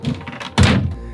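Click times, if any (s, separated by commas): 0.6 s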